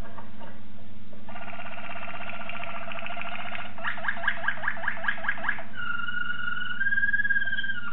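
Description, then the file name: Waterslager canary singing a buzzy rolling trill, then a run of bubbling rising notes, then a smooth sustained whistle, with a constant low hum throughout. Song variations. "variasi suara kenari waterslager"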